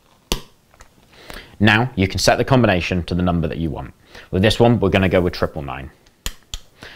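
A pen tip pushes in the small reset button beside the combination dials of the built-in TSA lock on an Eastpak Tranverz hard-shell suitcase, putting the lock into code-setting mode. The button clicks in at 0.3 s, followed by someone talking and further sharp clicks near the end.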